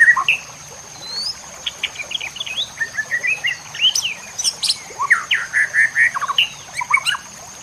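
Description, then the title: White-rumped shama song made of varied rapid whistles, sharp high notes and chirps in quick succession, over a steady electrical whine. Masteran (training recording for cage birds), murai batu Labaik. "MASTERAN MURAI BATU LABAIK"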